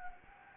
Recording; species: mosquito wingbeat signal from an infrared sensor; Anopheles gambiae